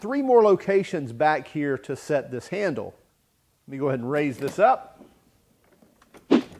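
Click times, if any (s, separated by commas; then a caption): 6.0 s, 6.2 s. Someone talks while raising the folding handle of an EGO Select Cut XP 21-inch self-propelled mower (56V, 10Ah) into its next height position on the mower deck. After a pause, sharp clicks at 6.0 s and 6.2 s mark the spring-loaded lever dropping its pins into place, and the handle firmly locks.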